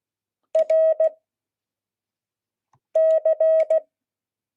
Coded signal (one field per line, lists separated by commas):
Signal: Morse code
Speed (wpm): 16 wpm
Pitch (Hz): 640 Hz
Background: none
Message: RC